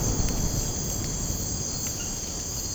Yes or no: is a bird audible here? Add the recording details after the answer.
no. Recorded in secondary vegetation near Puerto Asís, Putumayo, Colombia, on 19 March 2025 at 00:00. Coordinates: 0.481, -76.318. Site G097